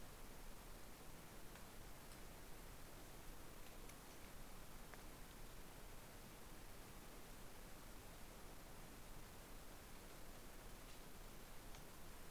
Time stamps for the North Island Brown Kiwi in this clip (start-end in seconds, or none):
none